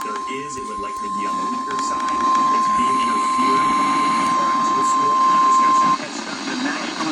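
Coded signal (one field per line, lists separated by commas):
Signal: Emergency Alert System (SAME) tones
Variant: 1050 Hz attention tone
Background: speech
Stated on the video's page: Maryland EAS alerts.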